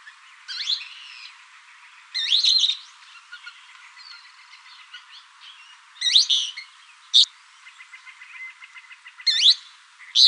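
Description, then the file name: Thick-billed kingbird giving harsh rising notes at irregular intervals, with fainter chatter and a thin steady tone in the gaps. Recorded in Arizona on 16 May 2001. "TBKI 1 deviche"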